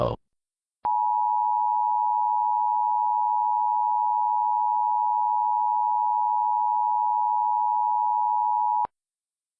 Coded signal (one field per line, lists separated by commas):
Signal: Emergency Alert System (SAME) tones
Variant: 853 and 960 Hz attention tone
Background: speech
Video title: EAS Scenario #10: Money Value = 0